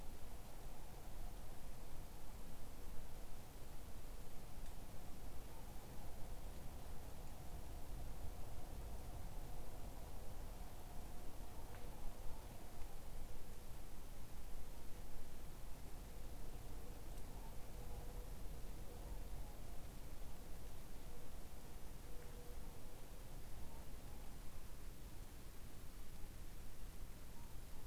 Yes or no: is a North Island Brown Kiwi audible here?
no